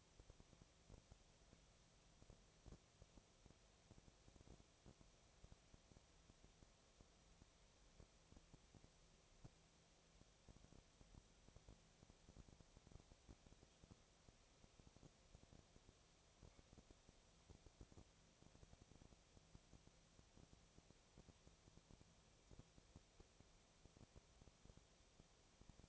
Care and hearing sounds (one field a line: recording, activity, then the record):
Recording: daily activity, microphone in the room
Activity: no activity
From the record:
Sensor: 1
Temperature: 19.6 degrees Celsius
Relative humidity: 36.5%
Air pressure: 996.9 hPa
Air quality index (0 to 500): 204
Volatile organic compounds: 128 ppm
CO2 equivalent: 3917 ppm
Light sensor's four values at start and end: 1/2/1/1 and 1/2/1/1